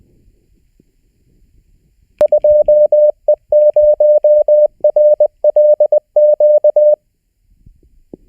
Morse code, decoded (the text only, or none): 2E0RLQ